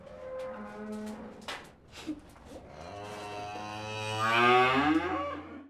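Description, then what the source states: Cattle: cow lowing: quiet low moos and some knocking at first, then a loud moo swelling upward near the end. Cattle recorded in a cowshed.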